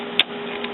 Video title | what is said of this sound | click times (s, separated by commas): How to install Canon IX6820 CIS-Continuous Ink Supply System | they're all clicking in | 0.2 s